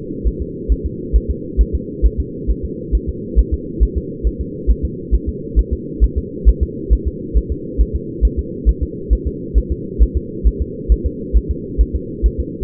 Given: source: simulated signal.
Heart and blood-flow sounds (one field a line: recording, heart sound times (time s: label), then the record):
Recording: fetal heart sounds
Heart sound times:
0.27 s: S1
0.42 s: S2
0.72 s: S1
0.86 s: S2
1.16 s: S1
1.30 s: S2
1.61 s: S1
1.75 s: S2
2.06 s: S1
2.20 s: S2
2.50 s: S1
2.65 s: S2
2.95 s: S1
3.09 s: S2
3.39 s: S1
3.54 s: S2
3.83 s: S1
3.97 s: S2
4.27 s: S1
4.41 s: S2
4.70 s: S1
4.85 s: S2
5.14 s: S1
5.29 s: S2
5.59 s: S1
5.73 s: S2
6.04 s: S1
6.18 s: S2
6.49 s: S1
6.63 s: S2
6.93 s: S1
7.07 s: S2
7.38 s: S1
7.52 s: S2
7.81 s: S1
7.96 s: S2
8.25 s: S1
8.39 s: S2
8.69 s: S1
8.83 s: S2
9.13 s: S1
9.27 s: S2
9.58 s: S1
9.72 s: S2
10.02 s: S1
10.17 s: S2
10.47 s: S1
10.62 s: S2
10.92 s: S1
11.06 s: S2
11.37 s: S1
11.51 s: S2
11.81 s: S1
11.95 s: S2
12.26 s: S1
12.40 s: S2
From the record:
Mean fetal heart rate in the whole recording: 135 bpm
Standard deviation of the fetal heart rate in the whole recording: 3 bpm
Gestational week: 34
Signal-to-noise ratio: -4.1 dB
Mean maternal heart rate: no maternal heart sound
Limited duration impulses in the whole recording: absent